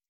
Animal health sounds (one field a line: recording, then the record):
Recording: hydrophone in a shrimp aquaculture tank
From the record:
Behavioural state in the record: stressed